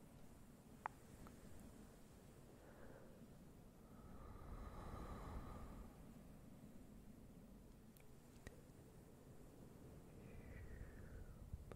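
Soft, slow fluffy brushing sounds fill the recording, a steady low rustle that swells slightly around the middle. A few sharp little clicks pop out near the start and again around eight seconds, and a faint breathy whisper-like hiss drifts in toward the end.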